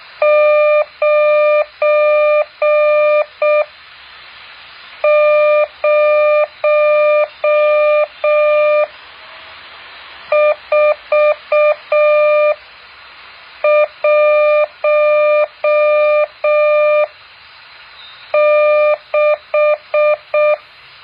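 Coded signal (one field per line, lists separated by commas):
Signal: Morse code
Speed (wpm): 6 wpm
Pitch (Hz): 600 Hz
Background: none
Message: 90416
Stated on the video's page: Morse code practice exercise 8.4.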